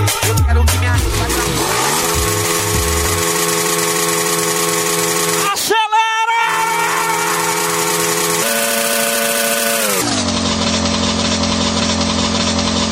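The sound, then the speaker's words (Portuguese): A motorcycle engine revs loudly and steadily, its droning pitch climbing and dropping in steps, with a brief cut-out around the middle before it roars back and settles into a lower idle. “Rapaz, essa moto parece a moto do Zezinho.”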